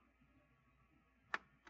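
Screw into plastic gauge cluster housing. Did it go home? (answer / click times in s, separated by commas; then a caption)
yes / 1.3 s. A screw is turned backwards in the plastic gauge cluster housing of a 2005–2014 Dodge Challenger, Charger or Magnum, during an electroluminescent panel replacement, until the thread start drops into the existing thread. After quiet low hum, a sharp click at 1.3 s confirms the screw is seated in position and ready to be driven in, followed by a fainter tick at 1.7 s.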